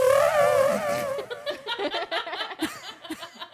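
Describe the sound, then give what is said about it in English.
A buzzy, wavering mouth-made fart noise holds for about a second, then gives way to choppy, breathy bursts of laughter that trail off unevenly. “Just make fart noises.”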